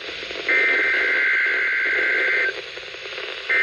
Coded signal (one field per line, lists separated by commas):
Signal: Emergency Alert System (SAME) tones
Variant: header bursts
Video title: RWT (REAL EAS#1366)